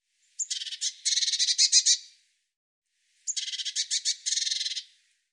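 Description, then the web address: Bird song: two matching phrases roughly three seconds apart. Each opens with a few stuttered notes and runs into a rapid, rasping pulsed buzz. "cianscape birddata Deverinetal 2025 Bird Cy Ca"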